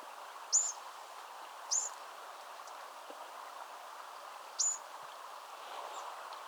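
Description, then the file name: Eurasian wren calls: three short, sharp, high ticks spaced irregularly over several seconds against steady low background noise. "Troglodytes troglodytes"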